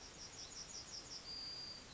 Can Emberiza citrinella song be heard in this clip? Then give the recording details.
yes. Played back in forest. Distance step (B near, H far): G. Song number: 043